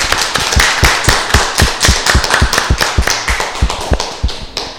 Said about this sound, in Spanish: ¿Están de acuerdo? Un aplauso ahí.